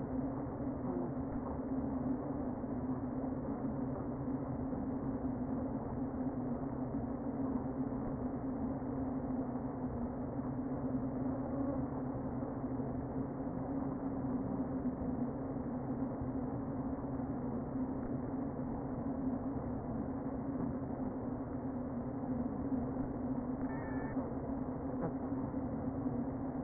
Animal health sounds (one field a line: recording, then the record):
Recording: honeybee colony, microphone inside the hive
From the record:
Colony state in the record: queen present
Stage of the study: before two queens were removed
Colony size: about 60,000 bees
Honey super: yes